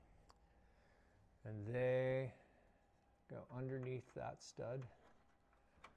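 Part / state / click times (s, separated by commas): leg lock clamp into the stud on the deck mounting bracket / seated / 5.9 s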